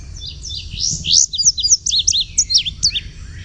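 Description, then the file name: Indigo bunting song: a quick run of high, sweet paired notes, some rising and some falling, over a low background rumble. "INBU song"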